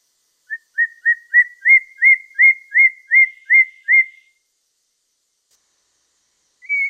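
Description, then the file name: Masked laughingthrush whistling a quick run of about eleven short, clear notes that rise slightly in pitch, then one higher whistle after a pause. Variation 4. "suara-poksay-mandarin-variasi-4"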